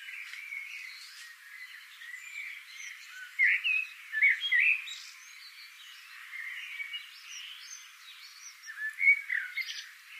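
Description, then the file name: Eurasian blackbird: scattered short warbled notes throughout, with louder bursts around three to five seconds and again near the end. "Turdus merula"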